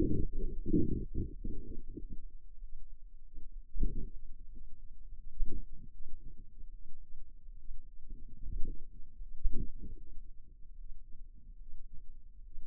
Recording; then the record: forearm muscle sounds (acoustic myography)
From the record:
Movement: finger pinch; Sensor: system 2, bracelet of six BSWA MPA416 microphones around the upper forearm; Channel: 3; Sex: female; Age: 23 years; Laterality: right